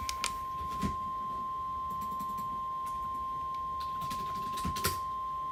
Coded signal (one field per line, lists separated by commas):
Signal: Emergency Alert System (SAME) tones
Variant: 1050 Hz attention tone